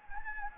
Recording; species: mosquito wingbeat signal from an infrared sensor; Anopheles gambiae